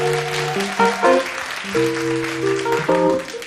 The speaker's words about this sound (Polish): Oj, tak ładnie klaskać, bardzo ładnie.